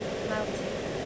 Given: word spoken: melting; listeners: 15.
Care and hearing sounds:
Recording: one English word in noise, from a listening test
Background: speech-shaped noise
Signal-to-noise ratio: -5.7 dB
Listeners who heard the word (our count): 0 of 15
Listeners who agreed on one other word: 12 of 15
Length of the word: 0.65 s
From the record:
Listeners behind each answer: 12, 1, 1, 1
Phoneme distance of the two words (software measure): 30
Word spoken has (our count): 2 syllables, 6 phonemes, stress on syllable 1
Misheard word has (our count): 2 syllables, 6 phonemes, stress on syllable 1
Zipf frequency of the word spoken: 3.78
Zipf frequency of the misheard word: 4.64

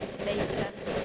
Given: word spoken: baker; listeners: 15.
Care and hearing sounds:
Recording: one English word in noise, from a listening test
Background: noise modulated by three-talker babble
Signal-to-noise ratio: -4.5 dB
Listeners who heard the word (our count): 2 of 15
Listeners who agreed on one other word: 9 of 15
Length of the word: 0.65 s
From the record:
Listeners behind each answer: 9, 2, 2, 1, 1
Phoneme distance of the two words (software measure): 20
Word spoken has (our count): 2 syllables, 4 phonemes, stress on syllable 1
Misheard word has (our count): 2 syllables, 4 phonemes, stress on syllable 1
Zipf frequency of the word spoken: 4.20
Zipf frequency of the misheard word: 5.50

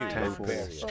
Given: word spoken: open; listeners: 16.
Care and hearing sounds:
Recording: one English word in noise, from a listening test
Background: four-talker babble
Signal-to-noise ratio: -1.7 dB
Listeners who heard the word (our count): 0 of 16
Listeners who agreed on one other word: 7 of 16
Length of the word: 0.51 s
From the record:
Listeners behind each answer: 7, 4, 2, 1, 1, 1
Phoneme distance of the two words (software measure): 40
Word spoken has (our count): 2 syllables, 4 phonemes, stress on syllable 1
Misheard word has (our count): 2 syllables, 4 phonemes, stress on syllable 1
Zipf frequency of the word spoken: 5.41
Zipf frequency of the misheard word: 5.10

